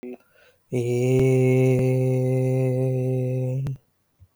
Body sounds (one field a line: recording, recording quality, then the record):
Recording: sustained vowel as in made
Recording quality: excellent, no background noise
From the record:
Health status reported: healthy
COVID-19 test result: negative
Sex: male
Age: 29 years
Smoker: no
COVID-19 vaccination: both doses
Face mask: not worn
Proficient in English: yes